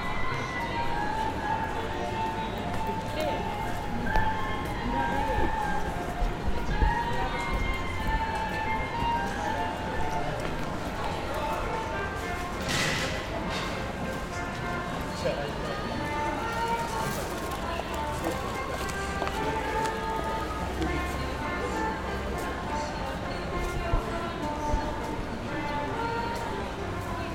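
Nishiki Market in Kyoto, with a steady, dense murmur of many voices and footsteps running through all 27 seconds. Brief clinks and rustles pop up now and then, with a brighter swish near the middle and again around seventeen seconds.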